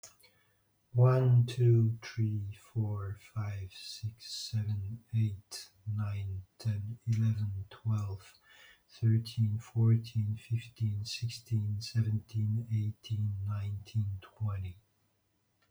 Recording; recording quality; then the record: counting at a normal pace; excellent, no background noise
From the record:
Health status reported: healthy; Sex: male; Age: 56 years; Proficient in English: yes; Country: France